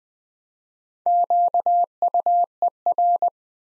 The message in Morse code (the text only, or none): QUER